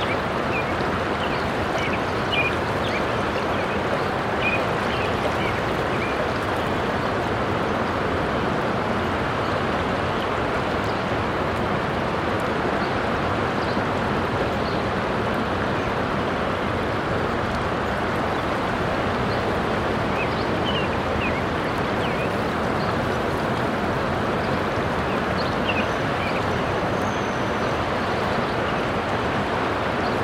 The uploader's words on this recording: Tour the rivers and creeks of north-central Colorado. Field recordings by Jacob Job.